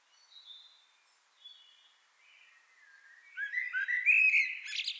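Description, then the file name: Common blackbird song: faint fluted phrases, then a louder, rich warbling phrase climbing into scratchy high twitters near the end. "Turdus merula"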